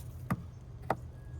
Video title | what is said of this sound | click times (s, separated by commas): BMW 328i E90 How to Replace Engine Air FIlter N51/N52K E91 E92 E93 2006 - 2013 | So you hear that audible click right there. | 0.3 s, 0.9 s